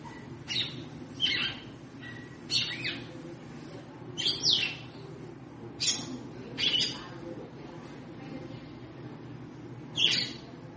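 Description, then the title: Red-cowled cardinal song: bursts of sharp chirps and whistled notes, each under half a second, recurring at irregular intervals above a low background hum. Female, trilling, apparently to stimulate the male. "Canto Galo Campina Fêmea. Fêmea de GALO DE CAMPINA - TRICULANDO,BATENDO FOGO PRA ESQUENTAR O MACHO"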